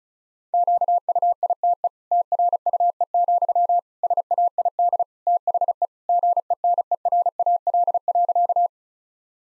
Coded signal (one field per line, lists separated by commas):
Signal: Morse code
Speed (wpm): 34 wpm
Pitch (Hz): 700 Hz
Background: none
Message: QUITE TRUE, SAID THE GENERAL.